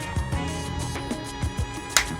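A plastic spoiler is pressed onto one side of a motorcycle helmet shell while music plays in the background. A loud, sharp click at 1.9 seconds marks the spoiler seating in place.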